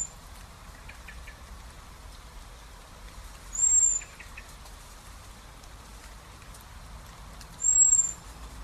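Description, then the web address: Common blackbird uttering high, thin, slightly slurred whistles, two calls about four seconds apart, with faint scattered clicks and a low background hiss. "SETE data Turdus merula"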